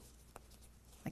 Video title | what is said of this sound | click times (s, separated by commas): Quilting Quickly: Blooming Yo-Yo Runner - Table Runner Quilt Pattern | And you hear it click all the way around like that. | 0.4 s, 1.1 s